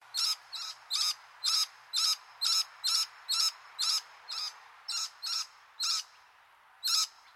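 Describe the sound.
Scaly-breasted lorikeet calls: a series of short, harsh, high screechy notes repeated about twice a second, with a brief pause before a final note.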